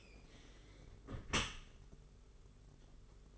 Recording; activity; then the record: daily activity, microphone in the room; close dishwasher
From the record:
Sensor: 4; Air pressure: 992.1 hPa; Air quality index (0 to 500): 108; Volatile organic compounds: 17 ppm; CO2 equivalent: 2593 ppm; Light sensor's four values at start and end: 23/78/28/30 and 23/78/28/30